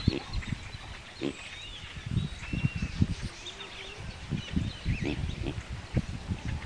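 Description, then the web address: Pig grunting in short, low, rough pulses repeated irregularly, with thin whistled bird song above throughout. "pig grunting and birds singing"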